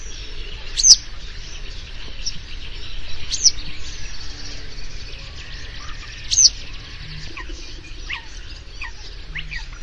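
Yellow-headed wagtail giving a few sharp high chirps spaced a few seconds apart, over faint twittering.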